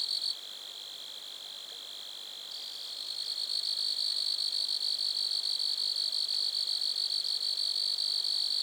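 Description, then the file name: Grasshopper buzzing: a steady, high trill that drops quieter after a brief opening, then grows louder from about two and a half seconds and carries on unbroken. Grasshoppers recorded at Lac-à-François, Montcerf-Lytton, Quebec, Canada. "criquets-grasshoppers- -lac-acc 80-franccca 7 ois-montcerf-lytton-quecc 81 bec-canada"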